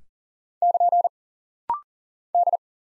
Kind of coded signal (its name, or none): Morse code